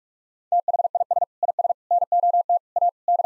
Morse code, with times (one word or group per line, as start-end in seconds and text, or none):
0.5-1.2 THIS
1.4-1.7 IS
1.9-2.6 NOT
2.8-2.9 A
3.1-3.3 D